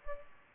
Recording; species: mosquito wingbeat signal from an infrared sensor; Culex pipiens